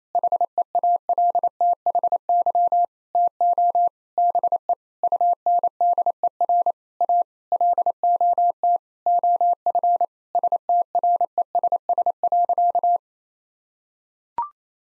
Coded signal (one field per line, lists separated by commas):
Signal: Morse code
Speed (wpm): 28 wpm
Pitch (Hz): 700 Hz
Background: none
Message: HEALTHY TO BE UNDER A LOT OF STRESS.